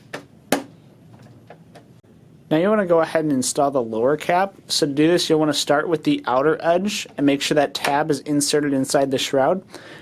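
An upper plastic cap on a GM tow mirror is pressed on at its outer edge until it snaps into place in the mirror shroud. Two sharp clicks come at 0.1 s and 0.5 s, followed by a couple of faint ticks, and then someone talks. The cap is seated.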